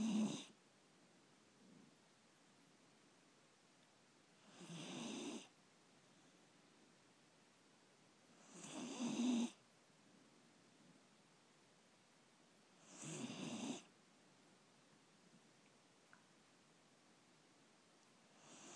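Short, harsh, rasping snores recur about every four seconds, roughly 14 a minute, with quiet between them. This is ordinary snoring from a dog named Borris, sleeping in the morning after a busy night.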